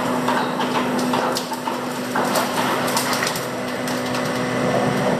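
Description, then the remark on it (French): Gas-rich volcanic rocks crackle and pop like popcorn, bursting once taken out of the water on a boat, in a dense, irregular stream of sharp snaps over a steady hiss and the low, constant hum of the boat's equipment, with no voices present. “Mais les crépitements, les craquements que l'on entend, ce sont ces roches qui éclatent une fois sorties de l'eau.”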